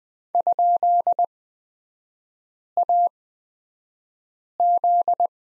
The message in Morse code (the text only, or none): ?AZ